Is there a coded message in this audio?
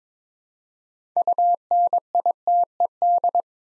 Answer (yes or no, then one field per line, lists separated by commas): yes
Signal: Morse code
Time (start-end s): 1.2-3.4 s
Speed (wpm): 22 wpm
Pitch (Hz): 700 Hz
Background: none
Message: UNITED